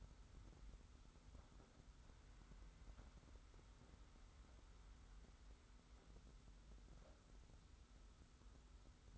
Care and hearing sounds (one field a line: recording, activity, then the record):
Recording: daily activity, microphone in the room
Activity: wipe stove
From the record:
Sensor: 3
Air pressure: 991.4 hPa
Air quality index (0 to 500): 146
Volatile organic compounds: 414 ppm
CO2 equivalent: 4694 ppm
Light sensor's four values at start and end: 51/140/57/50 and 51/140/57/50